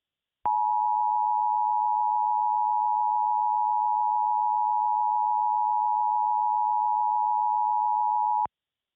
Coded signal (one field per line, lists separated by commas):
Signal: Emergency Alert System (SAME) tones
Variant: 853 and 960 Hz attention tone